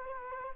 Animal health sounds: mosquito wingbeat signal from an infrared sensor; Culex quinquefasciatus

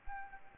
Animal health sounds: mosquito wingbeat signal from an infrared sensor; Anopheles arabiensis

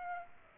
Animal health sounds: mosquito wingbeat signal from an infrared sensor; Aedes aegypti

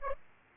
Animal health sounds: mosquito wingbeat signal from an infrared sensor; Aedes aegypti

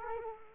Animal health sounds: mosquito wingbeat signal from an infrared sensor; Culex quinquefasciatus

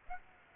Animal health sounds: mosquito wingbeat signal from an infrared sensor; Aedes aegypti

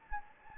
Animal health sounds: mosquito wingbeat signal from an infrared sensor; Anopheles gambiae

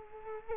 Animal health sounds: mosquito wingbeat signal from an infrared sensor; Culex quinquefasciatus

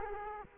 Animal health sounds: mosquito wingbeat signal from an infrared sensor; Culex quinquefasciatus

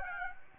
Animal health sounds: mosquito wingbeat signal from an infrared sensor; Aedes aegypti

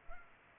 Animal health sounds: mosquito wingbeat signal from an infrared sensor; Culex pipiens

